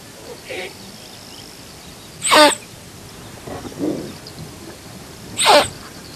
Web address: earth naturelibrary. thomsons gazelle